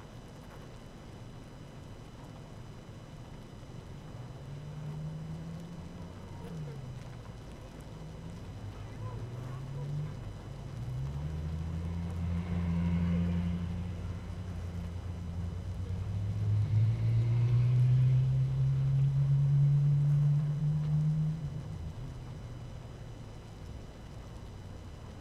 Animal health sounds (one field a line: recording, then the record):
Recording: honeybee colony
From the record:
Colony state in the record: active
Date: 12 June 2018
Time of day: 18:15